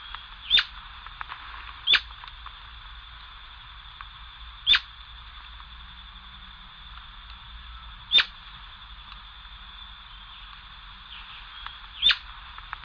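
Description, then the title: Atlantic royal flycatcher giving sharp, loud single notes at irregular gaps of one to four seconds, over a steady high insect-like whine. "LuckyPassaro Completos2Sama. Atlantic Royal Flycatcher (Onychorhynchus swainsoni)"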